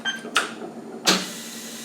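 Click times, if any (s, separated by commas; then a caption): 0.4 s. On a VF2 CNC spindle, orientation is run a second time and the air-driven steel shot pin drops into the notch in the spindle orientation ring, locking it. A sharp click lands at 0.4 s over a low steady hum, followed by a second broadband burst near 1.1 s. The shot pin is seated in the notch and the spindle is locked.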